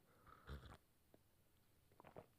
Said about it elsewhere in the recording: You can hear the soothing sounds of Winnie snoring in the background. and then the way she, like, rolls around on her back or something, and then she can't breathe and she starts snoring.